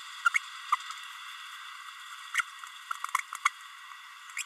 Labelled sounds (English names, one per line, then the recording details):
Green-rumped Parrotlet babbling
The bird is a female
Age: 30 days
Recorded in a nest box in Venezuela
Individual 17B32A7